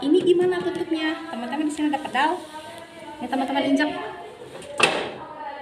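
A woman talks while stepping on the appliance's foot pedal to release its lid latch. A sharp click sounds at 4.8 s as the pedal-operated latch releases the lid.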